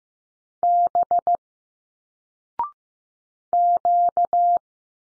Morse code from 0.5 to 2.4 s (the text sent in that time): B